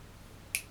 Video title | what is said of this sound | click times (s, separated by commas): Assembly of Steyr SSG 69 Bolt | turn you hear it click that's the first click okay then for the second click to lock the bolt | 0.5 s